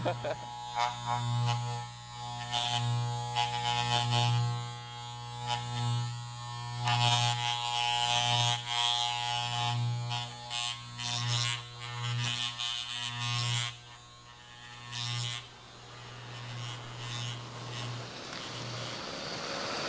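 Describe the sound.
Electric hair clippers buzz steadily through a haircut, a low droning hum that pulses slightly as the blades move, with faint voices murmuring underneath.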